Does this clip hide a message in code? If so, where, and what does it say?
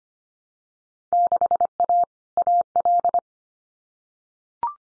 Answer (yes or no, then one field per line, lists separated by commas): yes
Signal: Morse code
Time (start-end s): 1.1-3.2 s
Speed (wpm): 25 wpm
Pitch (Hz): 700 Hz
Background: none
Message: 6A AL